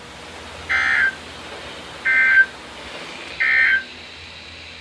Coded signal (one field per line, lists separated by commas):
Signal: Emergency Alert System (SAME) tones